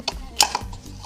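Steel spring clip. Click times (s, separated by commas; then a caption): 0.4 s. On a 10th-gen Honda Civic Si, with the dust boot popped out of the manual transmission bellhousing, the metal clutch release fork is actuated and pulled up until it clicks off its pivot ball at 0.4 s. The click frees the spring clip so the fork comes out freely, and fainter metallic ticks follow around 0.1, 0.6 and 0.7 s.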